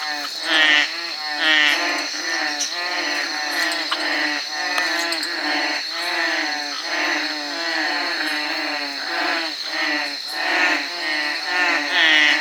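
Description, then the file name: Veined tree frog giving repeated growling, pulsed croaks over a steady, high insect drone. "Trachycephalus typhonius"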